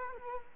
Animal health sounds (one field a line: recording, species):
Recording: mosquito wingbeat signal from an infrared sensor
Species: Culex quinquefasciatus